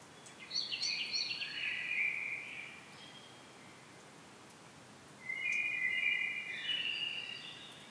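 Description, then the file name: Common blackbird singing two mellow warbled phrases with squeaky high twitters mixed in, a short quiet gap between them. "Turdus merula"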